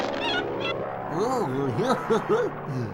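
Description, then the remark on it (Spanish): A large rooster clucks in a run of short, arching calls that rise and fall in pitch, repeating roughly every quarter second after some brief high-pitched chatter at the start. “Voy a atrapar ese enorme gallo que está allá.”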